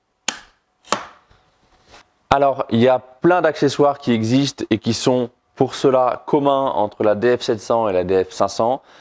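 After changing the cutter, the motor unit of a Festool Domino DF500/DF700 joiner is carefully lined up on its base housing so the cutter isn't knocked, then the two halves are pushed together. They click and lock at 0.3 s with a sharp, loud hit, followed by a quieter knock at 0.9 s. From about 2.3 s someone talks.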